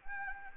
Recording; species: mosquito wingbeat signal from an infrared sensor; Anopheles arabiensis